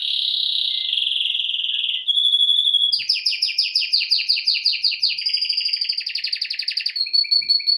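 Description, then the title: Domestic canary in full song, a sustained buzzy tone followed by fast pulsed trills repeated several times per second, ending on a clear rolling phrase. Male Belgian canary singing a lot, used to warm up a young canary. "Canary Training Esquente Seu Filhote E Canario Belga Macho Cantando Muito"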